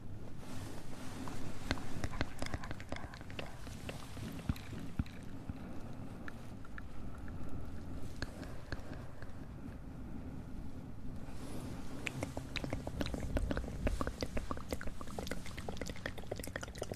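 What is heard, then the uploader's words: Tingly mouth sounds: a steady, dense stream of wet clicks, pops and smacks runs through the whole stretch. The clicking thins slightly in the middle, then turns busier and crisper from about twelve seconds on, over a soft low rumble. ASMR Tingly Mouth Sounds.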